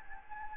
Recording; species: mosquito wingbeat signal from an infrared sensor; Anopheles gambiae